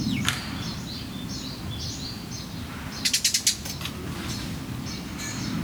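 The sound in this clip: Bird calls: a series of short chirps early on, then a quick burst of sharp clicking notes midway, over steady low background rumble.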